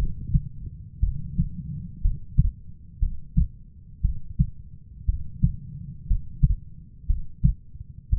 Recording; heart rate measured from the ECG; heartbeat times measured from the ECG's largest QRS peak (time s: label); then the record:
heart sounds by stethoscope; 59 bpm
1.00 s: heartbeat
2.01 s: heartbeat
2.99 s: heartbeat
4.01 s: heartbeat
5.05 s: heartbeat
6.07 s: heartbeat
7.06 s: heartbeat
8.10 s: heartbeat
From the record:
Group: healthy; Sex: female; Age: 37 years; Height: 168 cm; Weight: 70 kg